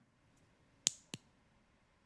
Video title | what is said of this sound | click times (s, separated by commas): Bose Hearing Aid Tutorial by Tuned, Part 2- Unboxing and Tutorial | a note to tell your patients that they should hear a double click when they close the battery door | 0.9 s, 1.1 s